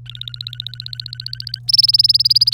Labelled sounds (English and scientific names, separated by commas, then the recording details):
Domestic Canary (Serinus canaria) song
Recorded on 3 May 2018 at 12:38
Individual llb3